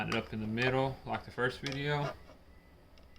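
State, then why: Not seated. Someone talks while lining up a plastic head strap adapter in the middle of a VR headset, before pressing it on with a decent amount of pressure so it snaps. Near the end there are only two faint, brief ticks at about 3.0 and 3.2 seconds. Nothing has seated or clicked yet.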